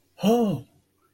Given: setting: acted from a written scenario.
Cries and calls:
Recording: vocal sound without words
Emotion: pain

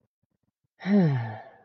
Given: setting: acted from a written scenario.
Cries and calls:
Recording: vocal sound without words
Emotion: serenity

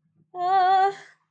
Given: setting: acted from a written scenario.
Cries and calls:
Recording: vocal sound without words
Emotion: positive surprise

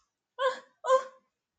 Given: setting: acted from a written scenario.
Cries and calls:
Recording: vocal sound without words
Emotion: confusion

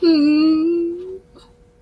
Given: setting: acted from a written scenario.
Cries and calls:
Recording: vocal sound without words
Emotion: guilt

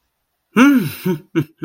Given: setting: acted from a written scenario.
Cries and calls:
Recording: vocal sound without words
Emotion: pride

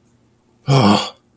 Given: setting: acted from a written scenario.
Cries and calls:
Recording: vocal sound without words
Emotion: contempt

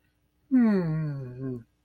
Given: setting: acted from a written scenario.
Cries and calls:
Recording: vocal sound without words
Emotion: neutral

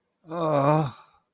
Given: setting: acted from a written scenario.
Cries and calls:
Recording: vocal sound without words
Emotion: confusion

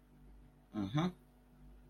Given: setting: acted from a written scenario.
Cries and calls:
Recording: vocal sound without words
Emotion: realization

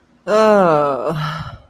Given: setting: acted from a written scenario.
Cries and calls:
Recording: vocal sound without words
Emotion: serenity

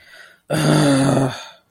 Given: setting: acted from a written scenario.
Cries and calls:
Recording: vocal sound without words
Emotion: anger

